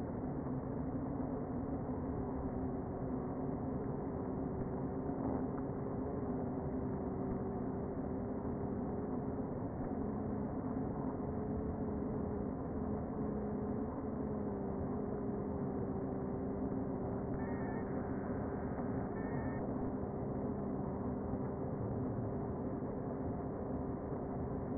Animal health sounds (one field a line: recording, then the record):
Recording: honeybee colony, microphone inside the hive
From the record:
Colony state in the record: queen present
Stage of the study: before two queens were removed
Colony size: about 60,000 bees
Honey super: yes